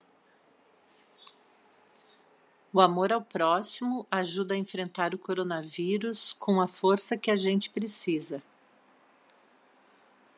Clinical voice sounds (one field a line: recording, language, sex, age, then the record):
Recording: spoken sentence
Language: Brazilian Portuguese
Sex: female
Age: 50 to 59 years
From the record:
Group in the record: control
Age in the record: 51 years